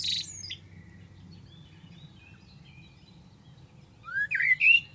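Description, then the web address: Bird calls: a brief harsh note at the start, then near the end a rising slurred whistle with chirps, against a steady low hum. "Deverinetal. Bird Only"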